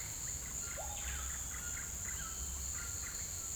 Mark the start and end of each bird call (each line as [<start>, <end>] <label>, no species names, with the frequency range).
[0.00, 2.45] bird call (0.1-4.0 kHz)